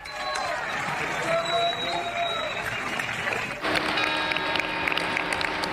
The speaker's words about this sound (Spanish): O en la misma Puerta del Sol, por todos los rincones de la Comunidad de Madrid. Este era el sonido, aplausos que desde luego nos emocionaron a todos, también a sus destinatarios.